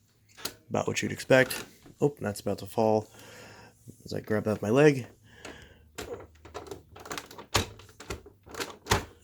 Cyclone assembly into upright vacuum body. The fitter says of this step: okay i was gonna say it's not really clicking into place okay